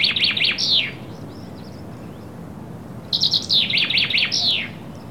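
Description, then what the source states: Bird chirping in two short bursts about three seconds apart, each a quick cluster of sharp high notes, over a low background rumble. Birds calling on a summer afternoon in the countryside.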